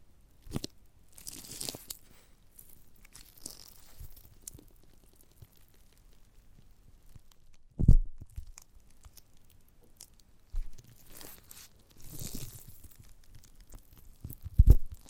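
Bites, tears and squishes into a giant gummy bear come in irregular bursts, with sharp loud bites near 8 and 15 seconds. Softer crinkly, sticky chewing and tearing sounds fill the stretches between, which are otherwise quiet, with bright rustles around 1–3 and 12–14 seconds.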